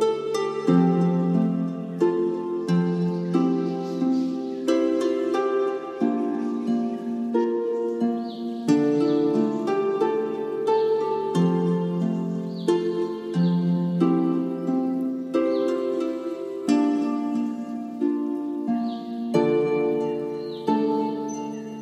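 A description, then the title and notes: Gentle Celtic-style melody of clear, plucked or struck notes in a steady rhythm, warm, with sustained tones ringing beneath. Mystical Celtic music. Nature sounds.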